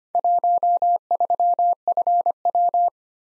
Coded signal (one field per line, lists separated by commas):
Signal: Morse code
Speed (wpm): 25 wpm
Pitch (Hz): 700 Hz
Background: none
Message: 13FW